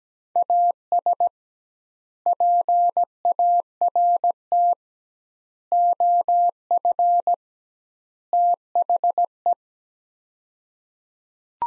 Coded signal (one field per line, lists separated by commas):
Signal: Morse code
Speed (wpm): 17 wpm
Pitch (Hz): 700 Hz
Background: none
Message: AS PART OF THE